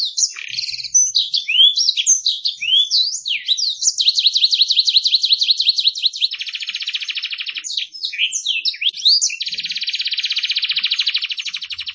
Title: Kenari Gacor